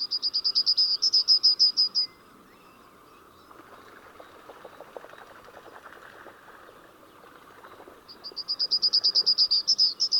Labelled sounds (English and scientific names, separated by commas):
Yellowhammer (Emberiza citrinella) song